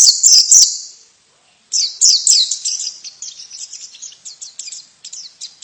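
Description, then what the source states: White-eye song, a loud high chirp burst followed after a short pause by a long, fast, fading twitter of thin sweet notes. Female.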